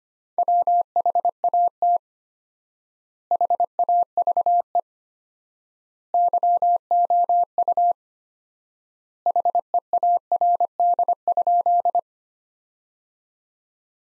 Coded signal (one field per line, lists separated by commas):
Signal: Morse code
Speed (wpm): 25 wpm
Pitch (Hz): 700 Hz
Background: none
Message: WHAT HAVE YOU HEARD?